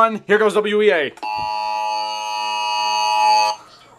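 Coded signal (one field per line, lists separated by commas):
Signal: Emergency Alert System (SAME) tones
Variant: 853 and 960 Hz attention tone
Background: speech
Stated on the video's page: National EAS test; the alert tone precedes the test message.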